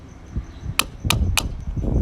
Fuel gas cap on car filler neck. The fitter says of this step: You guys hear that? 3 at least.